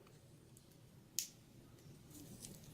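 A TackLife 13-in-1 multi-tool's folding knife blade is opened again to show its lock. A loud, sharp click at 1.2 seconds marks the blade locking open, followed by a fainter tick near 2.5 seconds against quiet background noise.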